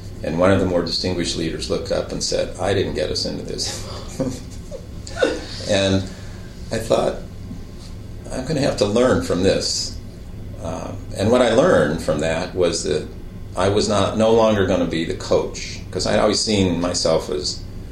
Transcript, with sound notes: And one of the more distinguished leaders looked up and said, “I didn't get us into this.” [Laughter] I thought, I'm going to have to learn from this. What I learned from that was that I was no longer going to be the coach, because I'd always seen myself as